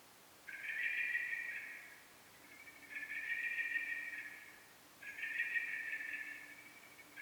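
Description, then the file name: Common blackbird calls: three extended hoarse notes, each over a second long, with short gaps between and a faint low hum underneath. "Turdus merula"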